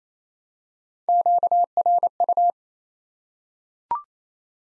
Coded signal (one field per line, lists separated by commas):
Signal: Morse code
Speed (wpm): 27 wpm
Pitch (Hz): 700 Hz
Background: none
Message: QRU